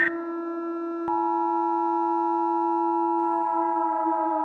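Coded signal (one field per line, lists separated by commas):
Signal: Emergency Alert System (SAME) tones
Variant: 853 and 960 Hz attention tone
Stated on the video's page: Fictional New Year's EAS story, a remastered remake.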